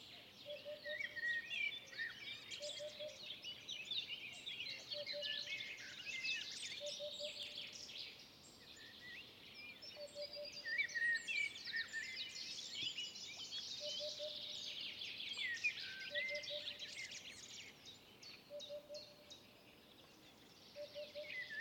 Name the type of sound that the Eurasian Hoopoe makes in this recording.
song